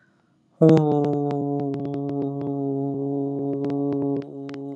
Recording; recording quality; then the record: sustained vowel as in boot; moderate, slight background noise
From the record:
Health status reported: healthy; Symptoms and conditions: none ticked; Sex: male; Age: 25 years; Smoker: not ticked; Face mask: not worn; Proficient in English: yes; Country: India